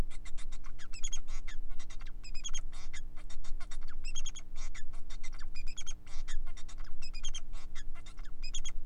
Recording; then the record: song of a male Bengalese finch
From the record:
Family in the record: son of father 4